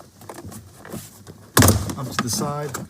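Someone works a plastic interior trim panel on a 2016–2019 Nissan Maxima up to the side, its middle already free, while someone talks. A loud pop at 1.6 s marks a retaining tab letting go, and the trim panel clip is released from the body.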